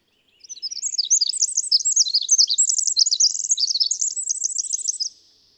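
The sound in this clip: Bird song, a lively high warble of quick chirps and trilled notes lasting nearly five seconds, then stopping.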